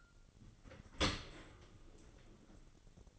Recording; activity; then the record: daily activity, microphone in the room; open dishwasher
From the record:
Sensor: 4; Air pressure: 1003.9 hPa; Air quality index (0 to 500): 150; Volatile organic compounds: 2 ppm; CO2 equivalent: 1073 ppm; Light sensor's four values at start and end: 21/49/20/21 and 22/52/21/22